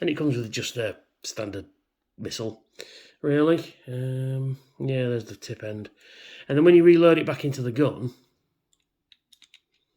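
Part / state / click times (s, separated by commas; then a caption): toy missile into action figure's gun launcher / not seated / none. Someone talks while a plastic toy missile is turned and lined up with an action figure's gun launcher before being pushed home, since it has to go in a certain way. After the talking stops, a few faint, short ticks are heard between 8.7 and 9.5 seconds. The missile has not seated or clicked into the launcher yet.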